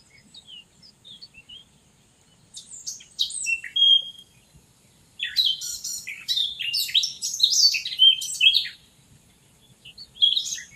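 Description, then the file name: Eurasian blackcap song: soft opening twitters, a short bright phrase, then a longer jumbled warble of high chattering notes and another short burst at the end. "Sylvia atricapilla"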